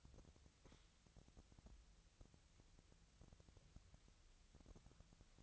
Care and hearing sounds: daily activity, microphone in the room; wipe stove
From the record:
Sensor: 3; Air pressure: 1001.6 hPa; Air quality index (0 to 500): 223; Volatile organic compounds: 30 ppm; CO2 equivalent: 2958 ppm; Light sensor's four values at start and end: 10/33/14/12 and 10/33/14/12

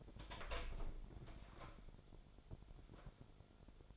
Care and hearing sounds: daily activity, microphone in the room; open door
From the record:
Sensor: 5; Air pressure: 1007.2 hPa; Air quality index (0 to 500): 167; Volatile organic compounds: 4 ppm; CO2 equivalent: 1602 ppm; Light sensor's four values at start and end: 56/158/61/61 and 57/160/62/62

